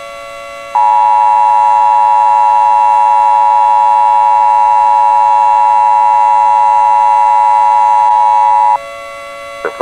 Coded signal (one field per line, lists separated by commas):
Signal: Emergency Alert System (SAME) tones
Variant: 853 and 960 Hz attention tone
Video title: (EAS Mock) Cheeseland Chaos